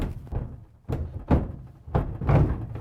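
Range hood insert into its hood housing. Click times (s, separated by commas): 2.0 s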